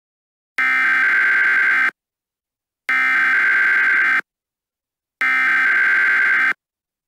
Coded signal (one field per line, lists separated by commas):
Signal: Emergency Alert System (SAME) tones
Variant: header bursts